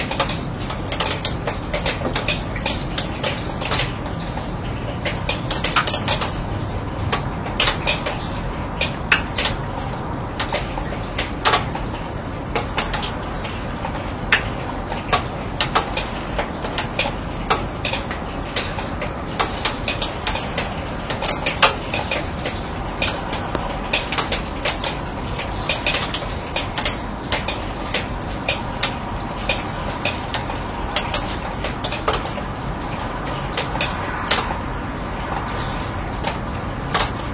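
Raindrops patter steadily on a steel roof, dense irregular sharp ticks and taps over a constant low rumble, with brighter louder hits scattered throughout.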